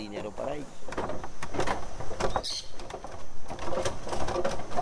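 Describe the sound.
A wooden suspension bridge in Colombia creaks and groans in repeated uneven strains as hikers cross it after four hours of trekking to reach Base Camp 1, with sharp knocks and rattles among the steady creaking and faint voices murmuring underneath.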